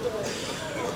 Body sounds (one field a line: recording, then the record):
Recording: coughing mixed with background sound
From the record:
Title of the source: Spring Cold Coughing 2